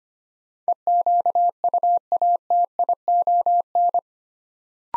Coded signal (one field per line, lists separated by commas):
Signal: Morse code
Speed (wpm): 25 wpm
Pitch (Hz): 700 Hz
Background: none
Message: EQUATION